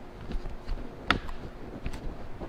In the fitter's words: there you'll hear a little click and you are done